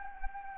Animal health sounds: mosquito wingbeat signal from an infrared sensor; Anopheles gambiae

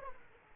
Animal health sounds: mosquito wingbeat signal from an infrared sensor; Aedes aegypti

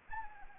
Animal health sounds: mosquito wingbeat signal from an infrared sensor; Anopheles arabiensis

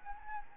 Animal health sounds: mosquito wingbeat signal from an infrared sensor; Anopheles gambiae

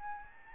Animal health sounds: mosquito wingbeat signal from an infrared sensor; Aedes albopictus

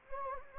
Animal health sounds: mosquito wingbeat signal from an infrared sensor; Anopheles gambiae

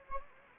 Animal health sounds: mosquito wingbeat signal from an infrared sensor; Anopheles gambiae

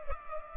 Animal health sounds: mosquito wingbeat signal from an infrared sensor; Culex pipiens

